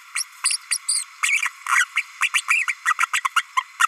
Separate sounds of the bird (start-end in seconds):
0.15-0.23, 0.43-0.57, 0.70-0.78, 0.88-1.04, 1.22-1.42, 1.68-1.85, 1.95-2.03, 2.21-2.29, 2.33-2.42, 2.48-2.67, 2.85-2.93, 2.99-3.06, 3.13-3.21, 3.24-3.29, 3.35-3.42, 3.56-3.63, 3.79-3.86